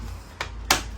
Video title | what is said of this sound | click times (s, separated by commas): SHEFFIELD PORTABLE AIR CONDITIONER -- UNBOXING AND TESTING | just click into place | 0.4 s, 0.7 s